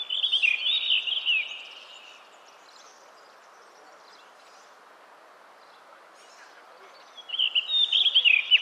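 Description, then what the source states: Bird song: a lively burst of rapid, chattering warbled notes, a long silence with background hiss, then another quick twittering phrase at the end. Recorded in 2010.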